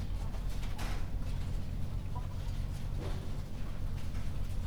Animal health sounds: poultry house recording; healthy chickens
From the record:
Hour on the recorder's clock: 1

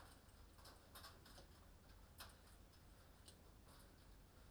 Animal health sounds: poultry house recording; no chicken sound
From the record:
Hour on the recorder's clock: 20

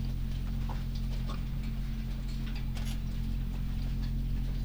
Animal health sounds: poultry house recording; sick chickens (respiratory disease)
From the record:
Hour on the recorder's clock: 22

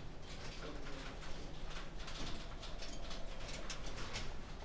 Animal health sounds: poultry house recording; healthy chickens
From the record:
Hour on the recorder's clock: 18

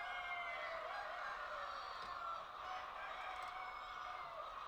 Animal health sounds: poultry house recording; healthy chickens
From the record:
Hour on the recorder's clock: 18

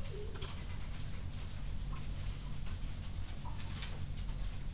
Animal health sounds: poultry house recording; sick chickens (respiratory disease)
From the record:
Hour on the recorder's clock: 22

